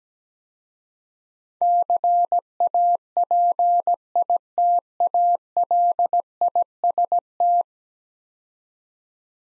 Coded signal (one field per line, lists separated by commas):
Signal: Morse code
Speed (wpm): 17 wpm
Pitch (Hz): 700 Hz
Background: none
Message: CAPITALIST